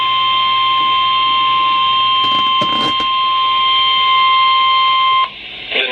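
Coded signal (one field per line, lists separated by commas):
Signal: Emergency Alert System (SAME) tones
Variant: 1050 Hz attention tone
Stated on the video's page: Real severe weather SAME alerts received during a storm with 70 mph wind gusts.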